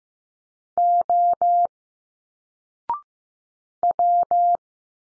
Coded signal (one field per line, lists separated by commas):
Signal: Morse code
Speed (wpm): 15 wpm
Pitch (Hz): 700 Hz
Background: none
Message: O W